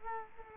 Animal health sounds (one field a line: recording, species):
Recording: mosquito wingbeat signal from an infrared sensor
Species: Culex quinquefasciatus